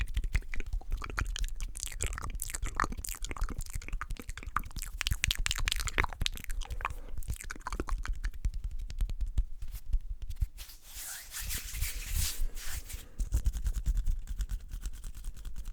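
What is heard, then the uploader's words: Mouth and hand sounds: a dense run of wet clicks, smacks and pops fills the first ten seconds, some with brief pitched squeaks. After a short dip near ten seconds, a hissing, breathy rustle rises around eleven to thirteen seconds, with quick taps continuing underneath to the end. ASMR The BEST Mouth Sounds & Hand Sounds Lofi Cam (Fast & Aggressive).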